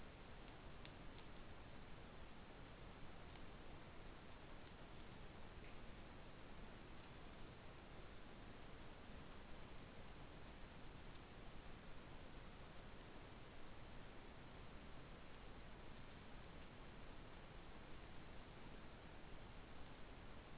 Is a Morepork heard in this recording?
no